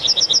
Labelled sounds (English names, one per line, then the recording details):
Yellowhammer song
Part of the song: start
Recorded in the Czech Republic on 9 May 2013
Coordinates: 49.164, 18.049
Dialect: BC
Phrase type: C1
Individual 289711